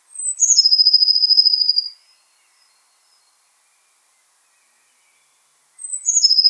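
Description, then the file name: Eurasian blue tit song: sharp high introductory notes then a fast ringing trill, followed by a long silence before the next phrase starts. "Cyanistes caeruleus"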